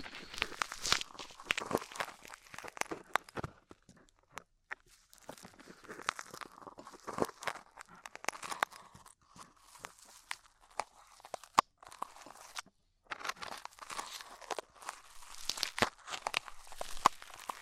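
Ear cleaning with rhinestone and clay removal: a dense run of crackling, crunchy clicks and scratches, bright and irregular, coming in quick clusters throughout. Brief quiet gaps break it up, most clearly around 3.5, 4.5 and 13 seconds.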